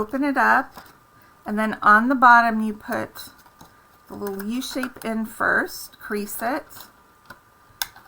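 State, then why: Seated. Someone talks while folding a cardstock treat box, putting the little u-shaped piece into the bottom first and creasing it. The cardstock side flaps are then pressed in around it, and a sharp pop at 7.8 s marks them seating into the box bottom.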